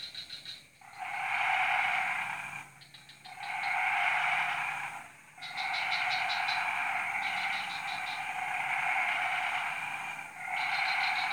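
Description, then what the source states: Chorusing frogs in rising and falling bursts, several sudden pauses, with rapid pulsed note trains between the steady trilling. Frog chorus recorded at 03:00 on Tuesday 14 February 2017 at Jalan Kolonel Sugiono No. 9, Kuala Kapuas, Central Kalimantan, Indonesia.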